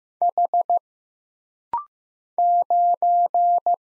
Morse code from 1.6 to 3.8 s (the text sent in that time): 9